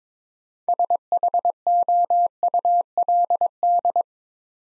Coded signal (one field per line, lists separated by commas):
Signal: Morse code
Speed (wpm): 22 wpm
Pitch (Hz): 700 Hz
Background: none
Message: SHOULD